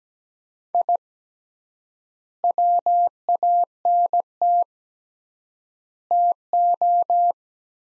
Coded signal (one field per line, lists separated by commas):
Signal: Morse code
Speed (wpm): 17 wpm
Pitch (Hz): 700 Hz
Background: none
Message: I WANT TO